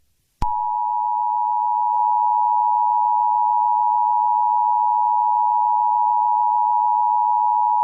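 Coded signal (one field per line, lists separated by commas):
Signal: Emergency Alert System (SAME) tones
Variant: 853 and 960 Hz attention tone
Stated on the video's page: Fictional EAS scenario, not a real alert.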